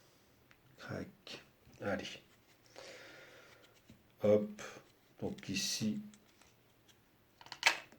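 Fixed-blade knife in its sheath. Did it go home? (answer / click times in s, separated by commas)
released / 7.7 s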